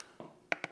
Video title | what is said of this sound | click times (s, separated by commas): SunJoe Pressure Washer 2030 PSI 1.76 GPM 14.5 Amp SPX-3000 | I don't know if you heard that but it locked you heard a click locked in | 0.5 s